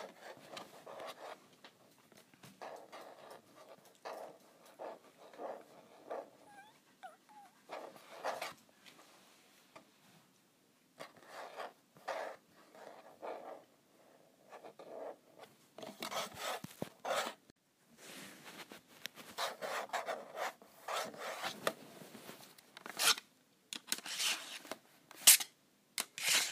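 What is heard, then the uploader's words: Someone scratches at a calculator in short rasping strokes, each a quick dry scrape repeating every second or so. The first half is softer and sparser with small pauses; after about fifteen seconds the scratching grows louder, brighter and denser, with harsher bursts near the end. ASMR Scratching my Calculator.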